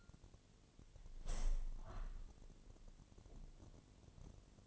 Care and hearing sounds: daily activity, microphone in the room; open window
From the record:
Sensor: 4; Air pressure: 1007.3 hPa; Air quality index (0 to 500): 195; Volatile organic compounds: 6 ppm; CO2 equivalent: 1940 ppm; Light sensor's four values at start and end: 23/73/28/27 and 23/73/28/27

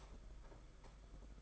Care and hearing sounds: daily activity, microphone in the room; stop toaster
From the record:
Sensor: 5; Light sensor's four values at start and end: 33/110/41/44 and 33/110/41/44

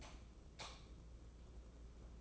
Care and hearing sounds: daily activity, microphone in the room; light off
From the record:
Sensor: 1

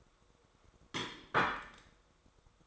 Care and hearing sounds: daily activity, microphone in the room; place plate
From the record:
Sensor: 3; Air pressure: 1004.3 hPa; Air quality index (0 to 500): 196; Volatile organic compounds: 14 ppm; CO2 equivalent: 2459 ppm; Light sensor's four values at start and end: 5/11/4/4 and 5/12/4/4

